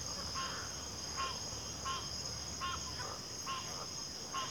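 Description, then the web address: Crickets trill constantly at a high pitch as a chorus, with brief calls repeated a little faster than once per second. Cricket chorus recorded at a backwater. "WLL Grade 1-12 Pre-Uni Library Enter Natures Songs Sleep Sounds of Nature CRICKETS 03 Backwater Chorus"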